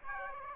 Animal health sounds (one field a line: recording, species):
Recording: mosquito wingbeat signal from an infrared sensor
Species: Aedes aegypti